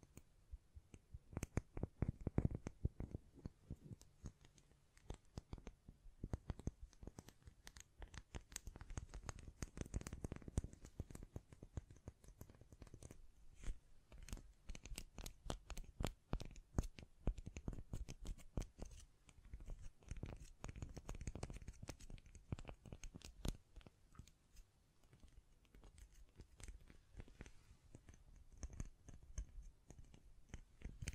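Dense tapping, scratching and hand sounds, with rapid crisp clicks packed closely throughout the half minute. Heavier, fuller bursts of rubbing come around 2 to 4 and 9 to 12 seconds, while the later stretch stays busy but lighter and more even.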